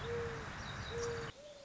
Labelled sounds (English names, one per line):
Mourning Dove